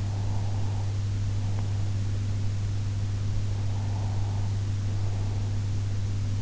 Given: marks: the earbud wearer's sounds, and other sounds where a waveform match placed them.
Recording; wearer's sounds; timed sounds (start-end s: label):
sounds in sleep by an in-ear microphone; breath
0.00-2.51 s: breath
3.74-5.74 s: breath